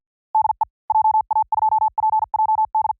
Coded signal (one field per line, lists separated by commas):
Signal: Morse code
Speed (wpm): 49 wpm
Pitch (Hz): 870 Hz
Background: none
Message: DE JA2PJD